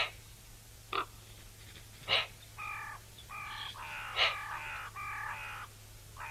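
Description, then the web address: Eurasian magpie calls: a few sharp harsh notes followed by a series of nasal, harmonic squawks of varying length, with a steady low hum underneath. "SETE Pica pica"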